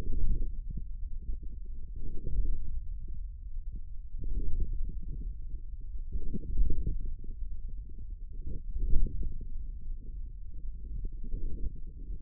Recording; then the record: forearm muscle sounds (acoustic myography)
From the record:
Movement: radial deviation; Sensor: system 1, eight BSWA MPA416 microphones around the upper forearm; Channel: 5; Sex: male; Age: 41 years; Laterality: right